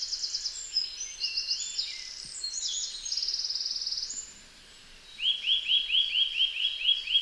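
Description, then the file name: Eurasian nuthatch delivers a rapid run of loud rising whistles near the end, after a busy stretch of high trills and chirps. "Sitta europaea"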